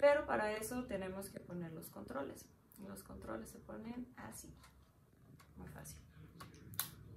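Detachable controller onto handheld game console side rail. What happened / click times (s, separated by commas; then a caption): The plastic part snapped into its rail / 6.8 s. A detachable plastic controller is slid down the side rail of a Nintendo Switch handheld game console while someone talks. A few light scraping ticks lead into a sharp click at 6.8 s as the controller locks into place on the rail.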